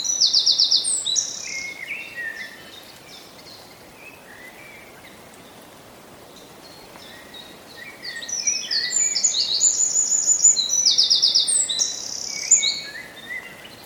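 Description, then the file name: Eurasian wren song: a loud burst of rapid, high trills and shrill notes, then a quieter stretch, then a second long, tumbling trilled phrase. "Troglodytes troglodytes"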